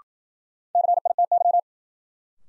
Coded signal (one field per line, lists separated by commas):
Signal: Morse code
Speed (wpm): 54 wpm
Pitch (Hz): 700 Hz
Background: none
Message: CITY